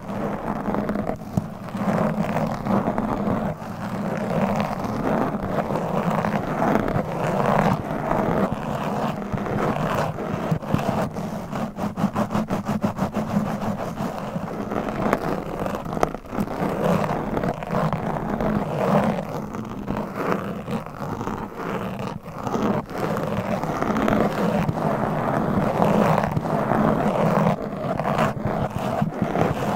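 Mic scratching runs through the whole clip as a dense, steady rasping texture with a low hum underneath. Quick bursts of sharper scraping come in clusters, most noticeably around the middle and again near the end, with little change in loudness throughout.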